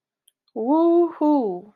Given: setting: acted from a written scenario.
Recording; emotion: vocal sound without words; pride